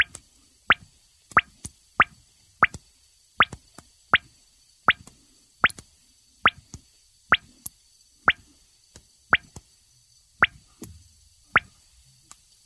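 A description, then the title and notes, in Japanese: Oxygen bubbles from a chemistry experiment break the water's surface as gas is collected by water displacement. Short, clean plops arrive about every half second to second, some louder than others, with a thin steady high whine underneath and quiet gaps between. 懐かしの化学実験によって得られる「純粋な」泡の音。二酸化マンガンに過酸化水素水を加え、酸素を発生させます。発生した酸素が水上置換法によって水面から出てくる時の泡の音。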